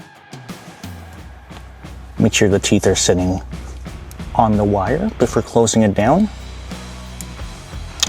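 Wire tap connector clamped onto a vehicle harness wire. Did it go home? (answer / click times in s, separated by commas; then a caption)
yes / 8.0 s. A plastic T-tap insulation-displacement connector is clamped over a wire on the harness of a 2023–2026 Chevy Colorado or GMC Canyon truck, with its metal teeth sitting on the wire. Someone talks over background music, and there are small handling taps. The connector clicks closed and seats at 8.0 s.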